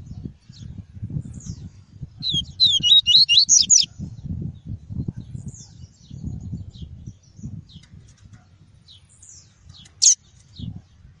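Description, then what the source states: Double-collared seedeater singing one fast phrase of looping high whistles, with scattered faint chirps and a low rumbling background. "Tui-tui" song variety.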